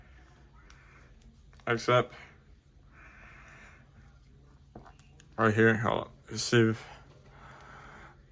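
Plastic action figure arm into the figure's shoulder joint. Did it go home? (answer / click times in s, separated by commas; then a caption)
no / none. Someone talks while fitting a plastic build-a-figure arm piece into the shoulder joint of a WWE action figure, with faint, brief handling ticks around 0.7–1.5 s and 4.8–5.2 s. The arm does not click on, though it still goes in, and nothing has seated or clicked yet in this clip.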